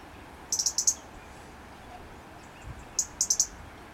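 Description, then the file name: European robin calls, two quick groups of high sharp ticks about two and a half seconds apart, with faint low rumble beneath. "Erithacus rubecula"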